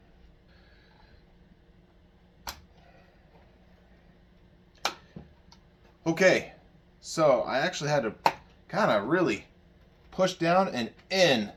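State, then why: Seated. During reassembly of a Winchester Model 12 pump-action shotgun, an internal metal part is pushed down and in with more force than wanted, and it locks into place with a sharp metallic click at 4.9 s, with a fainter tap at 2.5 s and a small tick at 5.5 s. Nothing bent or felt wrong, and the part is seated. Someone then talks.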